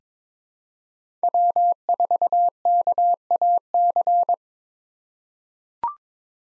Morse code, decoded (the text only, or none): W4KAC